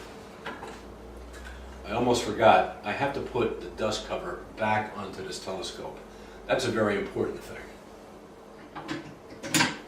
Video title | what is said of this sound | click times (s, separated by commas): The soft case and parts of the telescope | just snaps into place | 9.5 s